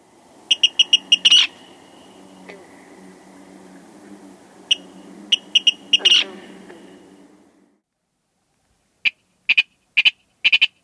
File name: Virginia Rail